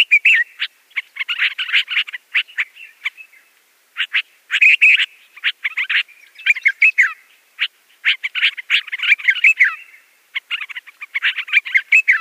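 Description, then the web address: Yellow-vented bulbul song: dense bubbly chattering bursts, short phrases repeated with brief pauses, a lively jumble of notes throughout. "Schulze Peter Yellow-vented Bulbul song"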